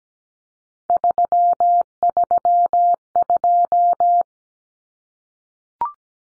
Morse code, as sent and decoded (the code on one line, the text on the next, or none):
...-- ...-- ..---
332